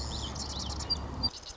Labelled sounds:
Marsh Wren
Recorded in Sonoma County, California

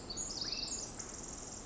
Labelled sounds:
Pacific Wren
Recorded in Sonoma County, California

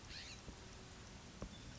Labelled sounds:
California Scrub-Jay
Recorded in Sonoma County, California

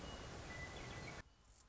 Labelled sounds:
Western Meadowlark
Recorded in Sonoma County, California

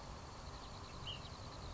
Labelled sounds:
Ash-throated Flycatcher
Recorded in Sonoma County, California

